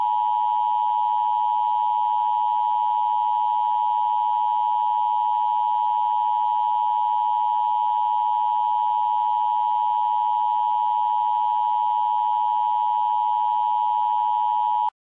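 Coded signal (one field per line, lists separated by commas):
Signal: Emergency Alert System (SAME) tones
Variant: 853 and 960 Hz attention tone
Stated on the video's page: Fake EAS child abduction emergency alert.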